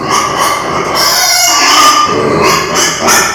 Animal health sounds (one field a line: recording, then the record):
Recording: squeal of a Yucatan mini pig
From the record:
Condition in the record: before surgery on the right vocal fold (resection and tissue-engineered implant)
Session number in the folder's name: 2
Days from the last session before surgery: 0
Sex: male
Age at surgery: 12 weeks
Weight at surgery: 13 kg